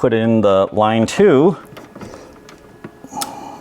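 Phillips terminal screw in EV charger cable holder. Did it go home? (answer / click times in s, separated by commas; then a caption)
no / 3.2 s. Someone talks while a Phillips screwdriver tightens the line-two terminal screw in the cable holder of an Autel MaxiCharger 80 amp Level 2 EV charger, followed by faint ticks and scrapes of the bit in the screw head. A sharp snap at 3.2 s is the bit camming out of the screw before it reaches 35 in-lb, even with hard pushing. The screw head is stripped.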